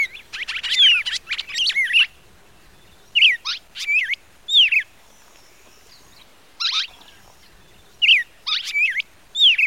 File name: canto do cardeal